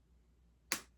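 The hinged lid of an orange plastic paint pot is pressed closed and snaps shut with one sharp, bright click at 0.7 s that fades within about a fifth of a second over a quiet, low background hum. The lid is seated and shut.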